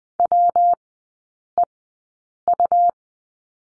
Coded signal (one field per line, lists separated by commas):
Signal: Morse code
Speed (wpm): 20 wpm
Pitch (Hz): 700 Hz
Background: none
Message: WEU